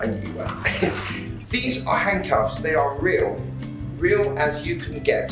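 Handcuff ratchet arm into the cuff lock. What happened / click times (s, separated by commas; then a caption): No seating click is heard; the part has not gone home yet / none. Someone talks over music while handling a pair of real metal handcuffs, about to squeeze the ratchet arm closed into the cuff lock. Nothing has clicked or seated yet.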